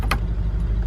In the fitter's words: pop into place there you go